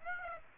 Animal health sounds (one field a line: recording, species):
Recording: mosquito wingbeat signal from an infrared sensor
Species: Aedes aegypti